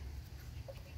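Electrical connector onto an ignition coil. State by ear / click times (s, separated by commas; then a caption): not seated / none. A plastic electrical connector is handled at an ignition coil on a 2004 Jeep Liberty, after the coil and its nut have been fitted during an injector replacement. Low rumbling background noise and faint bird-like chirps are heard, with no clear click. Nothing has seated or clicked yet.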